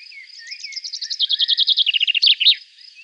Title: Sylvain Jaskowiak - Mes piafs. Pinson des arbres